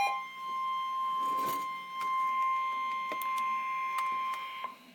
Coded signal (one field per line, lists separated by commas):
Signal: Emergency Alert System (SAME) tones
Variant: 1050 Hz attention tone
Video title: Winter Storm Warning - EAS #306